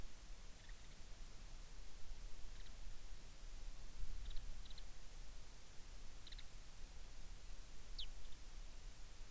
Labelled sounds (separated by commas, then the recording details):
songbird
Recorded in the Arctic National Wildlife Refuge, Alaska, on 3 August 2019
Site 33